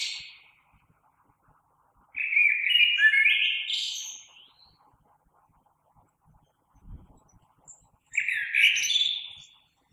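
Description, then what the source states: Common blackbird song: the end of a phrase, then two rich whistled phrases rising into squeaky high flourishes, about six seconds apart, with a brief low thump between them. Recorded 3 March 2020.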